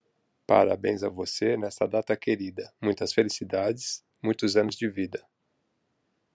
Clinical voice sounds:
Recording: short text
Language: Brazilian Portuguese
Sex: male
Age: 50 to 59 years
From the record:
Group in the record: control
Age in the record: 50 years

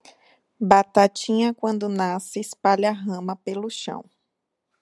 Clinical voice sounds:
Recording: short text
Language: Brazilian Portuguese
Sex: female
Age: 30 to 39 years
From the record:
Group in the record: control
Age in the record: 31 years

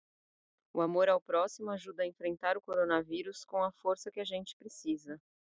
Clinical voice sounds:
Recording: spoken sentence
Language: Brazilian Portuguese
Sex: female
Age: 40 to 49 years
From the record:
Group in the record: control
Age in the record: 45 years

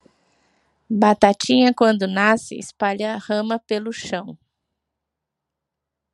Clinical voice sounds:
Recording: short text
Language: Brazilian Portuguese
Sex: female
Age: 40 to 49 years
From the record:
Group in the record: control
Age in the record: 49 years

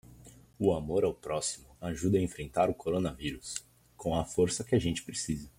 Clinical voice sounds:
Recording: spoken sentence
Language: Brazilian Portuguese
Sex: male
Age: 20 to 29 years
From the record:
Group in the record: control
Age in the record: 20 years

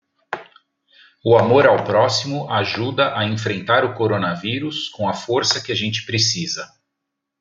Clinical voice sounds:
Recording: spoken sentence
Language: Brazilian Portuguese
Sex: male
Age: 50 to 59 years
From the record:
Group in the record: control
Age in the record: 53 years

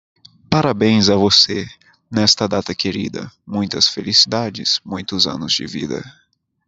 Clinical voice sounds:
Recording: short text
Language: Brazilian Portuguese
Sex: male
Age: 20 to 29 years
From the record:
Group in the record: control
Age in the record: 24 years

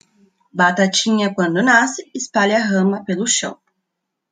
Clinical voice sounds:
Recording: short text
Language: Brazilian Portuguese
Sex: female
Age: 20 to 29 years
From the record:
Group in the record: control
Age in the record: 23 years

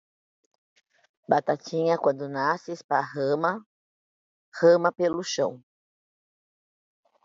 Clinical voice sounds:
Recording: short text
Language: Brazilian Portuguese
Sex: female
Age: 50 to 59 years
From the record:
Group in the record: control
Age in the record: 55 years

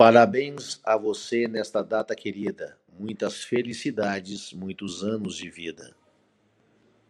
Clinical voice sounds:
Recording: short text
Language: Brazilian Portuguese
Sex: male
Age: 50 to 59 years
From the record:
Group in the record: control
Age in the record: 58 years

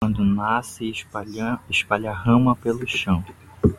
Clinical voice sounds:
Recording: short text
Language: Brazilian Portuguese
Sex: male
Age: 30 to 39 years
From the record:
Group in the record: control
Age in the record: 33 years

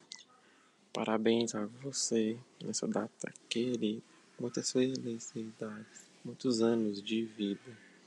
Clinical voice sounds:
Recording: short text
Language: Brazilian Portuguese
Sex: male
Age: 20 to 29 years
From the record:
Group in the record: control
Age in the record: 22 years

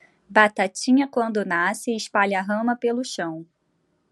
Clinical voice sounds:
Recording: short text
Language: Brazilian Portuguese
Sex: female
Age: 30 to 39 years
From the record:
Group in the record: control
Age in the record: 37 years

